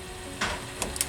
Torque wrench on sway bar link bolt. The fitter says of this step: until you hear the click and then it's good to go